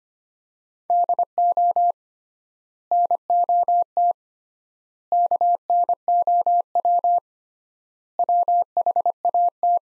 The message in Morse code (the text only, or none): DO NOT KNOW WHAT